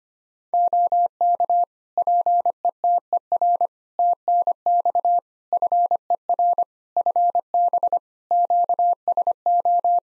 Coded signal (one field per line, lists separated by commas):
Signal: Morse code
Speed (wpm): 25 wpm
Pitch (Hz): 700 Hz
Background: none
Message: OK PETER TNX FER FB QSO